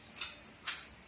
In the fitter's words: seperti ini kita dorong klik.